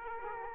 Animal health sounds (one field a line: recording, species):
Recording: mosquito wingbeat signal from an infrared sensor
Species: Aedes aegypti